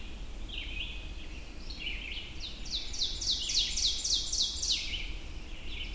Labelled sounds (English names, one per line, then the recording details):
Ovenbird song
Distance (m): 20 m
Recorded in boreal forest in Alberta, Canada, on 22 June 2016 at 05:14
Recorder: SongMeter 3, array SBT-6-76
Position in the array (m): 150 m, 99 m
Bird 3